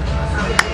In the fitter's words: snaps into place